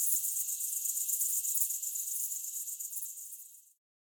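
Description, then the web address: Cricket chorus of fast, high-pitched pulsing chirps, steady for most and then fading out abruptly near the end. Crickets at night. "Hollywood Edge sound designer's toolkit v 2. Cricket Ambience Night"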